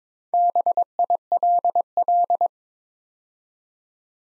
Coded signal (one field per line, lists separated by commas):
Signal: Morse code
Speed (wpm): 23 wpm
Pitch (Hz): 700 Hz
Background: none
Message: BILL